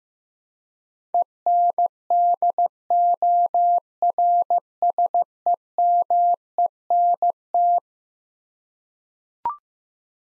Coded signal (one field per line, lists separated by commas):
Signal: Morse code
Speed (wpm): 15 wpm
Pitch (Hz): 700 Hz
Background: none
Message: ENDORSEMENT